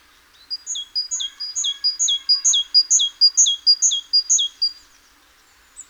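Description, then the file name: Great tit singing a long, even series of sharp, repeated high two-note phrases for about four seconds before stopping. "Parus major"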